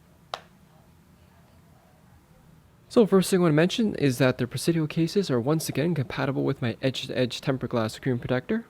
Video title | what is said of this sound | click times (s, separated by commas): SPECK Cases - ENTIRE LINE UP - iPhone 11 Pro / MAX - Hands On Review | you go a button side first and it should just pop into place so | 0.3 s